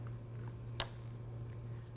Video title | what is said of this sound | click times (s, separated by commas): RKI GX2001 Replace Battery | the battery pack in until you hear it snap | 0.8 s